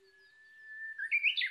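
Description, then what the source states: Japanese bush warbler song: a smooth sustained whistle, followed by a quick, bright, rising and falling warbled ending. Recorded 22 May 2011 at 05:58.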